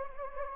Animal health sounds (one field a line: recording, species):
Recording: mosquito wingbeat signal from an infrared sensor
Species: Anopheles gambiae